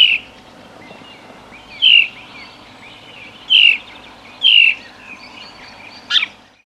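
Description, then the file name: House sparrow giving a handful of clear chirps at uneven intervals, with faint twittering in the gaps and a sharp final note. "Passer domesticus"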